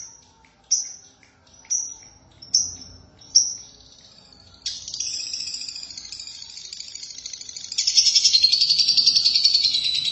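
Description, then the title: Lovebird calls: a few short, sharp, high chirps, then a sudden switch into rapid, buzzy chattering that grows louder near the end. "BM Suara Burung Lovebird"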